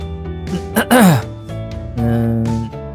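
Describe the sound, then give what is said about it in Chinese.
A voice clears its throat: a short, rough burst that slides downward in pitch, followed by a lower, drawn-out humming rasp, moderately loud, with no words spoken. “谢廖东清了清嗓子”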